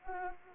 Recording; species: mosquito wingbeat signal from an infrared sensor; Anopheles arabiensis